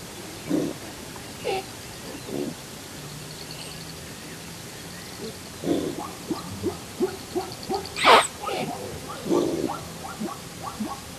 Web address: earth naturelibrary. thomsons gazelle